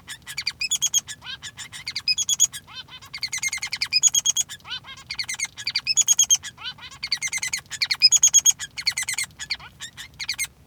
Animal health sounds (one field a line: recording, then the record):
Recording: song of a male Bengalese finch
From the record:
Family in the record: son of father 3